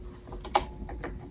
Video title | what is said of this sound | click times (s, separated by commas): Bernina Series 3 - Video 3 Getting Ready to Sew | hear that click love that click make sure it's pushed in as much as possible | 0.6 s